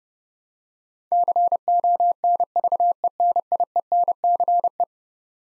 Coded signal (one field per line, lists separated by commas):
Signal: Morse code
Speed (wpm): 30 wpm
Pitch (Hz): 700 Hz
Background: none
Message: CONVENIENCE